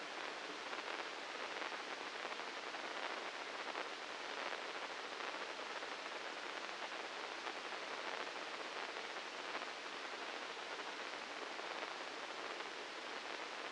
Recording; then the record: brain microelectrode recording played as sound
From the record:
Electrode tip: inside the subthalamic nucleus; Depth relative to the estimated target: -2 mm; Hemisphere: left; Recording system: NeuroSet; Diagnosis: Parkinson's disease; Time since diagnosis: 9 years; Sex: male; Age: 56 years